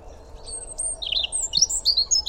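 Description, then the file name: European robin song: a rapid run of very high, thin whistles and twittering notes rising in intensity toward the end. "Erithacus rubecula"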